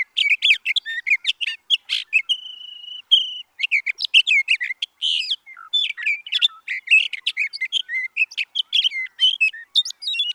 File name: Sage Thrasher